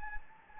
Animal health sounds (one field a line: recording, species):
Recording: mosquito wingbeat signal from an infrared sensor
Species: Anopheles gambiae